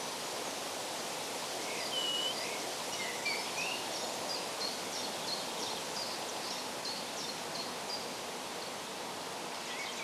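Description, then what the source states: Bird song with a few clear whistled notes, then a run of quick high chirps, all set against constant rustling background hiss. Birds in a forest.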